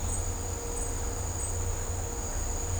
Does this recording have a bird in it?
no